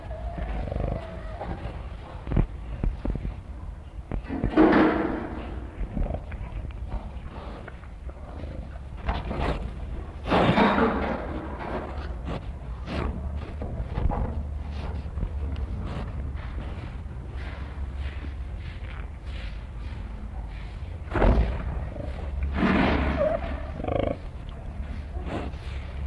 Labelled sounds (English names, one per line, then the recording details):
Common Warthog
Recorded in captivity
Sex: male
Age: adult
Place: Zoo Hannover, Niedersachsen, DE
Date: 1960-11-30 16:50
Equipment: Minifon, Kopie Smaragd
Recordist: Tembrock, Günter